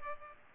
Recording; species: mosquito wingbeat signal from an infrared sensor; Culex pipiens